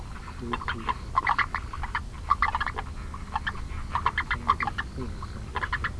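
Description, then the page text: Long-legged brown frog calls: bursts of short, clicky, knocking notes repeated in quick clusters, several groups throughout, with a low background rumble. Calling frog, recorded 8 January 2012 in a vegetable garden beside a pond, Wugu District, New Taipei, Taiwan; air temperature 17 °C; digital voice recorder. "長腳赤蛙 Rana longicrus 錄音者 (或其他來源: 李承恩) 錄音時間 2012/01/08 錄音地點 新北市 五股區 御史路旗竿湖菜園. 錄音環境 水池邊的菜園內. 行為描述 鳴叫"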